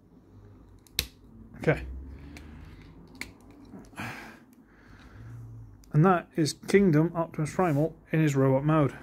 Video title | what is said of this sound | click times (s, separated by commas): Vid 560 Transformers Kingdom Voyager Optimus Primal | force them until they clock click into place | 1.0 s